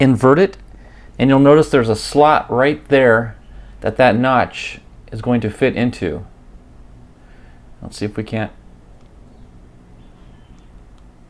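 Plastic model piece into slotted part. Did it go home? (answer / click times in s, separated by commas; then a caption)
no / none. A large plastic piece for a DeAgostini ISS model (stages 31-32) is inverted and its notch is pushed into a slot on the model, while someone talks over quiet room hum. The piece does not snap and simply stops, and nothing has seated or clicked yet; only a faint short sound is heard near 11.0 s.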